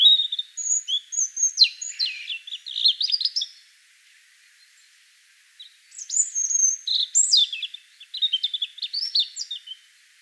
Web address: vogelstimmen rotkehlchen gesang nabu lars lachmann